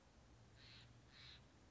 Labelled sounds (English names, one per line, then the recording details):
Steller's Jay
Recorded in Sonoma County, California